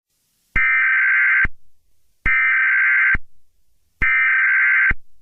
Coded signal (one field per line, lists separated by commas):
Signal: Emergency Alert System (SAME) tones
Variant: header bursts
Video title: Eas scenario 4 Jaxe